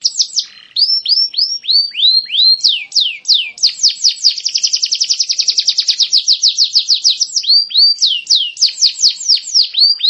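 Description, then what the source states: Canary singing nonstop: clipped falling whistles, then a rapid buzzing trill in the middle, followed by more sweeping slurred phrases. Champion singer.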